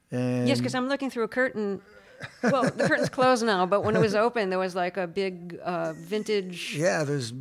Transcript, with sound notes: And...
Yes, because I'm looking through a curtain.
(Laughter).
Well, the curtain's closed now. But when it was open, there was, like, a big vintage...